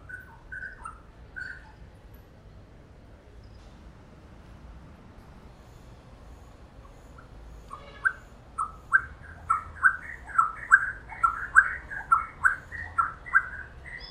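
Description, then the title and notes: Wren singing, a few soft whistled notes early on, then a loud, rapid run of repeated sliding whistles building over the final six seconds. "Cucarachero by Kellyn Parra Garcia"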